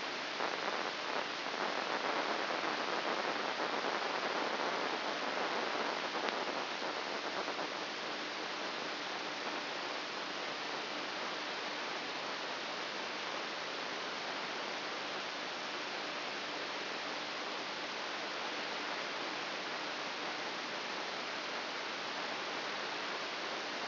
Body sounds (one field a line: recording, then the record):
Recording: brain microelectrode recording played as sound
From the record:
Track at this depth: inside the subthalamic nucleus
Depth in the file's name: 4.202 mm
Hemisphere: right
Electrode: 2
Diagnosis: Parkinson's disease